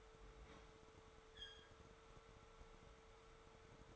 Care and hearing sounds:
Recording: daily activity, microphone in the room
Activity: open fridge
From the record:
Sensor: 3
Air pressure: 1015.0 hPa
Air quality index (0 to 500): 201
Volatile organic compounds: 29 ppm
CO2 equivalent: 2933 ppm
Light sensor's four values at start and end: 24/60/25/26 and 24/61/25/27

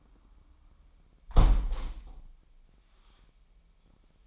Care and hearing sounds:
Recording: daily activity, microphone in the room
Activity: close window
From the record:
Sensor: 1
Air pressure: 998.6 hPa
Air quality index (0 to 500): 132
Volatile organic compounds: 4 ppm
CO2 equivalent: 1581 ppm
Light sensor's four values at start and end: 9/23/9/11 and 9/22/9/11

